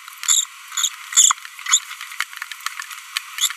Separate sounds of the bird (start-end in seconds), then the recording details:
0.23-0.44, 0.75-0.88, 1.13-1.32, 1.66-1.78, 3.38-3.52. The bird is a female. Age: 25 days. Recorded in a nest box in Venezuela. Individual 17B42B1